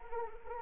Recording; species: mosquito wingbeat signal from an infrared sensor; Anopheles arabiensis